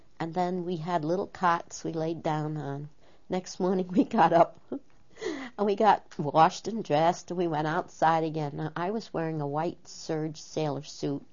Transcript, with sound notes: Then we had little cots we laid down on. Next morning we got up. (She laughs.) We got washed and dressed and we went outside again. Now, I was wearing a white serge sailor suit.